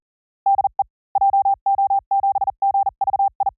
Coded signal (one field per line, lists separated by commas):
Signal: Morse code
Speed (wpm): 40 wpm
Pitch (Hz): 790 Hz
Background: none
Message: DE JO7GVI